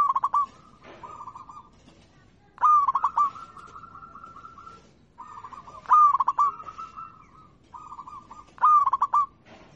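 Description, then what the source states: Zebra dove song: repeated burred coo phrases with rapid clipped beats, interleaved with long level cooing notes. Local-type (lokal) zebra dove song (kicau).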